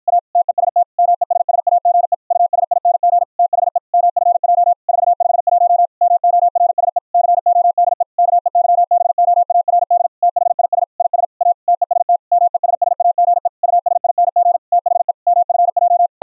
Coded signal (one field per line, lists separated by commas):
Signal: Morse code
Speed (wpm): 53 wpm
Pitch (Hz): 700 Hz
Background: none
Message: A TEST MESSAGE USING THE MFJ 451 MORSE CODE KEYBOARD THIS IS A TEST MESSAGE USING THE MFJ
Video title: The CW RE-Keyer System - a harsh 555 square wave IN - pure sine wave OUT - with Raised Cosine edges